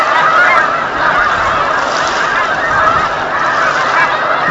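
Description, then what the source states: Snow Goose: snow geese in a massed flock, steady clamour of many overlapping nasal honks throughout. Snow geese calling on Lake Champlain, November 2018.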